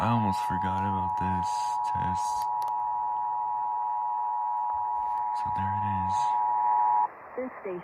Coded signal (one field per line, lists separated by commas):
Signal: Emergency Alert System (SAME) tones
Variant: 853 and 960 Hz attention tone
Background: speech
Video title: EAS Illinois Required Monthly Test | Apr 2, 2024 - WSCR-AM/Chicago, IL